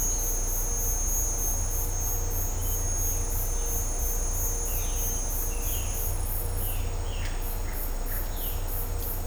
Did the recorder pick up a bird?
yes